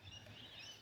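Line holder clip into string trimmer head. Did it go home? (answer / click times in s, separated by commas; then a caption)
no / none. A tool pushes the second line holder clip into the head of a Honda straight-shaft string trimmer. Only a steady background noise with a low hum and faint high chirping tones is heard, and there are no sharp sounds. Nothing has seated or clicked yet.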